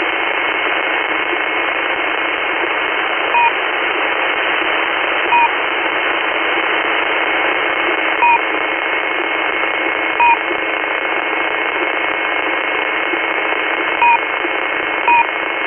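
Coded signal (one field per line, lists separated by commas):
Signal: unidentified radio signal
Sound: steady radio hiss with six short dual-pitch beeps at uneven intervals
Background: radio static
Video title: Intermittent beeping signal at 6429 kHz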